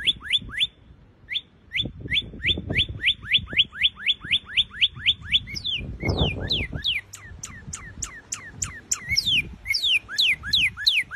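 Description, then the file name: Northern cardinal song: a long series of repeated short downslurred whistles, then higher, more steeply falling slurred whistles, with low background noise underneath. "canto do cardeal vermelho americano"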